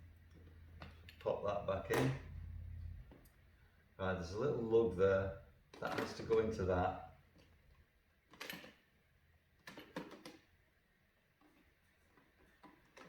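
After emptying, the plastic dust cylinder and filter assembly (the dust bin/cyclone assembly) of a cordless stick vacuum is lined up with its locating tab and pushed back onto the vacuum body, a part that is not the easiest to refit. Someone talks over soft handling knocks and taps near 0.8, 1.1, 8.4, 9.7, 10.0 and 10.3 seconds. Nothing has seated or clicked into place yet.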